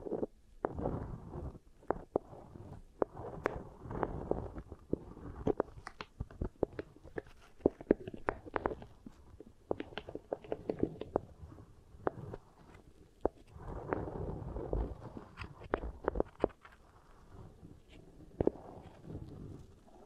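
Beeswax worked close against an ear, a steady mass of soft, low crinkling and squishing sounds. Sharp clicks and crackles pop through constantly at irregular moments, with denser, louder squishy stretches near the start and again around fourteen to sixteen seconds.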